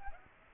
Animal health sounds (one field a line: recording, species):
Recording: mosquito wingbeat signal from an infrared sensor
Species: Aedes aegypti